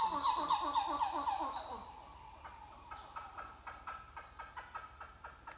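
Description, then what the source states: Titi monkey calls: deeper rolling notes at first, then crisp pulses repeated about four times a second, with insects buzzing high in the background. More than one titi monkey calling.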